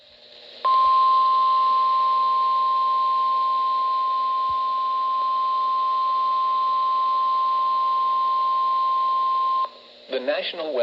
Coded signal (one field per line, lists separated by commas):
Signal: Emergency Alert System (SAME) tones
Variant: 1050 Hz attention tone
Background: speech